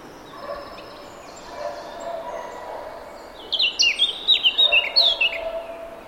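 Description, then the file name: Eurasian blackcap delivering a brisk phrase of rapid bright fluty notes after a few quiet seconds of faint hiss. "Sylvia atricapilla"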